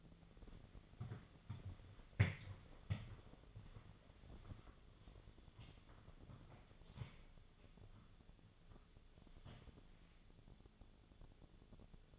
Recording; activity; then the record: daily activity, microphone in the room; walk to room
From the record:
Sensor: 4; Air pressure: 1000.8 hPa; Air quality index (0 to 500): 118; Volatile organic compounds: 1 ppm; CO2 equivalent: 899 ppm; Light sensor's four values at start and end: 56/137/58/63 and 58/144/61/65